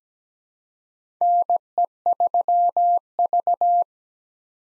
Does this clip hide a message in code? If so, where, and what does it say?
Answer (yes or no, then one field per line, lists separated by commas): yes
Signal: Morse code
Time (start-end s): 1.2-3.8 s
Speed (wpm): 17 wpm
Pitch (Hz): 700 Hz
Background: none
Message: NE3V